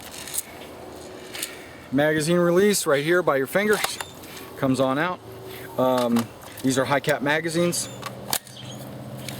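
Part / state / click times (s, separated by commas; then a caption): airsoft rifle magazine into magazine well / seated / 8.3 s. A high-capacity magazine is pushed into the magazine well of an A&K 7799 M4 S-System airsoft AEG rifle while someone talks. It snaps home and latches with a sharp click at 8.3 s, and the magazine is seated.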